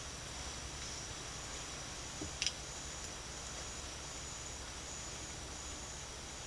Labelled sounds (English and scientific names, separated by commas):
none